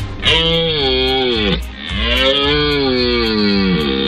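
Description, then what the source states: Red deer stag roaring: a long, drawn-out tonal bellow that drops in pitch at its end, then a second sustained roar that slowly falls away. Male stag roaring during the autumn rut. Called the organist stag, it starts the rut; males roar to attract hinds and to deter or provoke rivals, and other stags answer from different directions.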